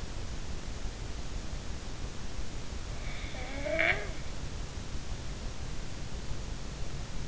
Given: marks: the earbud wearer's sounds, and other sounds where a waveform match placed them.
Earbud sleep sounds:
sounds in sleep by an in-ear microphone; snoring breath
3.29-4.13 s: snoring breath

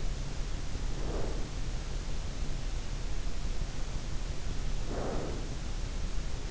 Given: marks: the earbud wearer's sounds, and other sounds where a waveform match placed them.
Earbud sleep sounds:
sounds in sleep by an in-ear microphone; breath
0.69-1.82 s: breath
4.60-5.73 s: breath

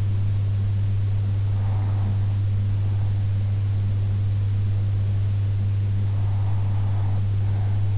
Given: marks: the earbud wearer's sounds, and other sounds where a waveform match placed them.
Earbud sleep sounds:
sounds in sleep by an in-ear microphone; breath
0.98-2.98 s: breath
5.98-7.98 s: breath

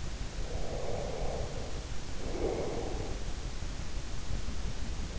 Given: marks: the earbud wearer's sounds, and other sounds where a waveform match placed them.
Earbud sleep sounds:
sounds in sleep by an in-ear microphone; breath
0.24-3.58 s: breath

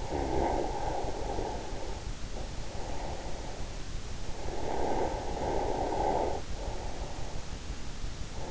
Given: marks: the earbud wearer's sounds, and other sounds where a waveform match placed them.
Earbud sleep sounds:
sounds in sleep by an in-ear microphone; snoring breath
0.00-3.66 s: snoring breath
4.39-7.38 s: snoring breath

